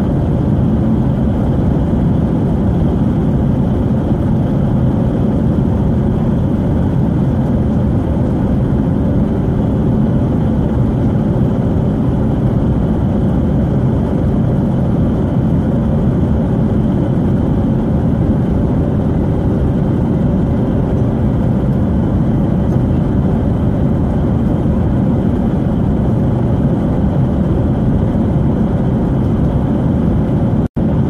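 A plane flies on with a steady, heavy roar that stays deep and dense, with little change from start to finish. A faint, thin high tone runs steadily above the rumble, and the sound cuts off abruptly right at the end.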